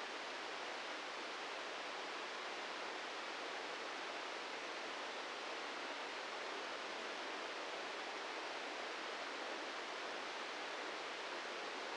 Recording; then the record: brain microelectrode recording played as sound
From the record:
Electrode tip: inside the subthalamic nucleus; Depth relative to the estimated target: 1 mm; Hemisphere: right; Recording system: NeuroSet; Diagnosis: Parkinson's disease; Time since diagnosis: 13 years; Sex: male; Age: 63 years